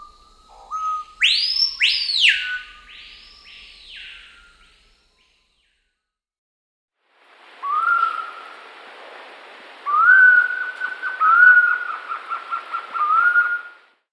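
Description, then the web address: Screaming piha call: loud whistled notes sweeping sharply upward then arching down, given in a quick burst, followed after a pause by softer, steadier whistled notes over a hissy background. South America. "S America Screaming Piha (Lipaugus vociferans)"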